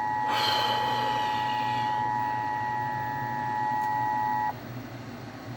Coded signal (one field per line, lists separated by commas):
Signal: Emergency Alert System (SAME) tones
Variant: 853 and 960 Hz attention tone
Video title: What's Sleep?..lol | EAS Alerts From 6/18-19/2021 (EAS #643-655)